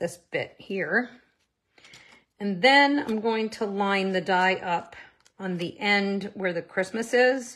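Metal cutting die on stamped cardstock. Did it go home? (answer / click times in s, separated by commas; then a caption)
no / none. A metal cutting die is handled on stamped cardstock while someone talks, lining it up on the end of the card; a brief faint sound comes at about 1.8 s. Nothing has seated or caught into place yet.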